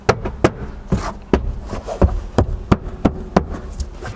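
A plastic side trim panel on a Bronco, lined up and tucked behind the front edge of the cargo compartment floor, is pushed down so its clips pop into the vehicle body. Sharp clicks sound at 0.1, 0.45, 1.3, 2.4, 2.7 and 3.4 seconds over low background rumble, and the clips seat.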